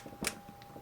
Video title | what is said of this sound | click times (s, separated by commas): Acer Switch 10 vs Asus T100 | because there's no magnet magnetic strip here you actually have to make sure that you align it and hear two clicks | 0.3 s, 0.6 s